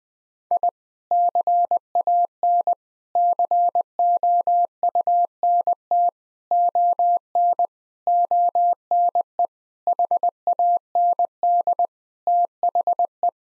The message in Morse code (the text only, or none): I CAN COUNT ON ONE HAND THE